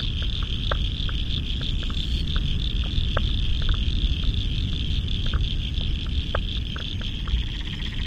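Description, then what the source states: Chorus of frogs giving quick knocking clicks at irregular intervals, a steady high-pitched trill running throughout, and heavy low roaring noise in the background. Spring frog chorus at dusk by the South Pacific Ocean, Royal National Park, Australia, November 2015.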